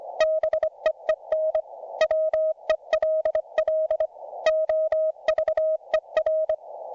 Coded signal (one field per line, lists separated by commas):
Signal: Morse code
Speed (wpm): 25 wpm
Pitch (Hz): 630 Hz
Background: none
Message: BEEN WELL OVER